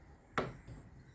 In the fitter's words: അത് രണ്ടും ലോക്ക് ആയി